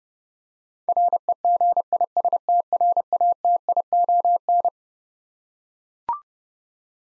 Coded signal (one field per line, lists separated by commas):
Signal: Morse code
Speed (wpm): 30 wpm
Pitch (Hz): 700 Hz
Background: none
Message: REGISTRATION